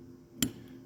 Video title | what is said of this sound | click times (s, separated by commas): RMSc to Holosun K / EPS Adapter Plates | mounts onto that kind of snaps into place and this is a nice | 0.4 s